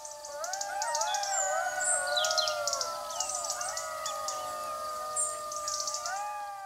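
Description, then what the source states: Golden jackal howls: several overlapping, wavering wails rising and falling together, mixed with sharp high yips throughout. Described as an eerie howl.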